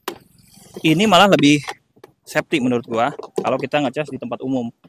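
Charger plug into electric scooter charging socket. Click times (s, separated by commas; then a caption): 0.1 s. A charger plug is pushed into the charging socket inside the storage compartment of a Maka Cavalry electric scooter and clicks home with a single sharp hit at 0.1 s, seating the plug. Someone then talks for the rest of the clip.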